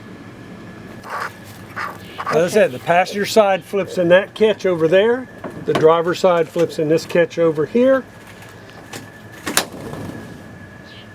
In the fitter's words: make sure it clicks